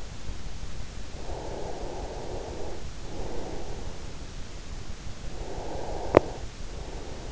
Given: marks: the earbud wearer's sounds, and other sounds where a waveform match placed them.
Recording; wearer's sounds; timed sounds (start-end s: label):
sounds in sleep by an in-ear microphone; breath
1.23-3.95 s: breath
5.07-6.64 s: breath